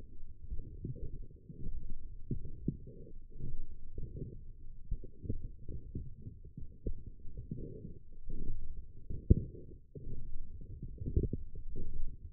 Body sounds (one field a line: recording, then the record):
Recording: forearm muscle sounds (acoustic myography)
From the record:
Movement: forearm supination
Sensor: system 1, eight BSWA MPA416 microphones around the upper forearm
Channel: 7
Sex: male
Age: 20 years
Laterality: left